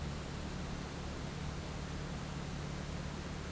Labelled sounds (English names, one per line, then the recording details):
none
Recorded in pastures near Puerto Asís, Putumayo, Colombia, on 24 March 2025 at 10:30
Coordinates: 0.472, -76.329
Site G074